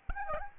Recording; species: mosquito wingbeat signal from an infrared sensor; Aedes albopictus